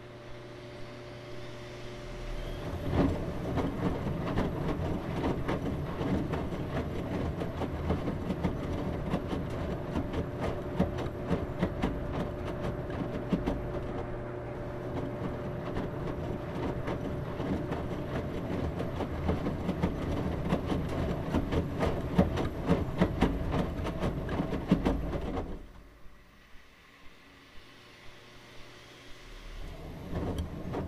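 A washing machine runs with a steady low rumble, a constant hum and dense rapid clicking and rattling from the drum. The churning stays even for about twenty-five seconds, then drops abruptly to a quieter hum with scattered soft ticks.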